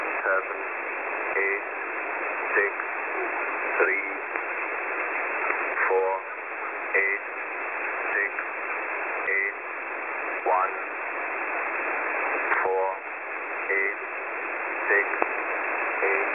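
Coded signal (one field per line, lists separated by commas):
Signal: numbers station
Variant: E06 English Man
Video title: E06 English Man Unscheduled TX 27/01/2023 1006 UTC 13921kHz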